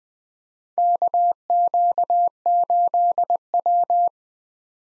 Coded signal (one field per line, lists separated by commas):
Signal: Morse code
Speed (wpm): 20 wpm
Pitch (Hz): 700 Hz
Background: none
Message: KQ8W